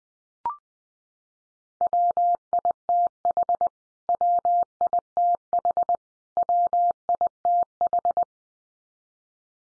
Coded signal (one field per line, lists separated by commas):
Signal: Morse code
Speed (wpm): 20 wpm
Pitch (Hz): 700 Hz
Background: none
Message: WITH WITH WITH